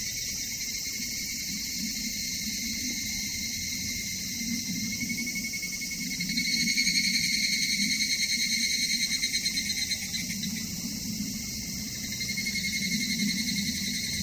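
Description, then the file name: Evening cicada song, a steady ringing high buzz with pulsing that rises in strength midway and again near the end, over faint low background noise. "higurashi"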